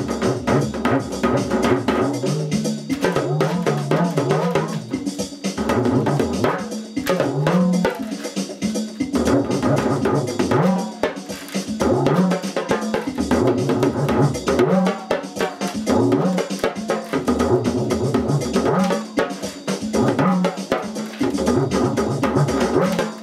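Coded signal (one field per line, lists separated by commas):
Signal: talking drum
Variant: English nursery rhymes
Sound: rapid low drum strokes with pitch bending up and down in speech-like phrases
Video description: My Remo Talking drum recites 2 old nursery rhymes; Baa, baa, black sheep, have you any wool?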